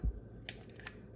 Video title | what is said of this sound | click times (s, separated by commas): DAVIDsTEA Tea Steeper - How to Take Apart - How to Clean - Reassemble -16oz Teapot Steeper Tea Maker | of press that back in that goes in very easily you kind of hear little clicks and | 0.5 s